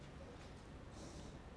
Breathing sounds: one breath in and out by a microphone near the nose and mouth; normal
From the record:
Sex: male

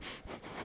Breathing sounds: one breath in and out by a microphone near the nose and mouth; strong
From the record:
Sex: male

